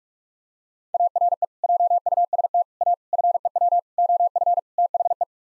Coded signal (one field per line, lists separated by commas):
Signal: Morse code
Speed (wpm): 46 wpm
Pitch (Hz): 700 Hz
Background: none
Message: ARE JUST A FEW OF THE